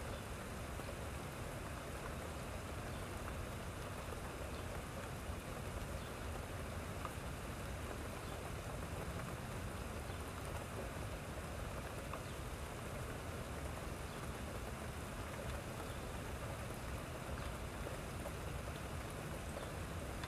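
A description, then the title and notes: Steady, dense rain falls close by at a window, a constant even hiss with low rumbling weight and faint scattered drops throughout. Recorded right next to window for that outside cozy rain sleep feeling! Rain sounds.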